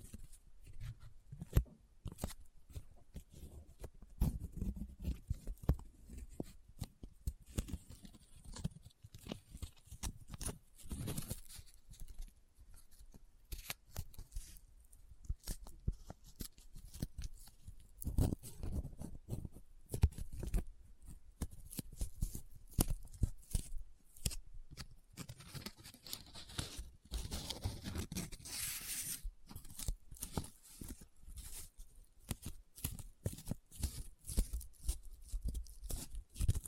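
Paper is folded, rubbed and crinkled in dense, irregular bursts of crackle and scratch, with brighter, busier crinkling around 27–30 seconds.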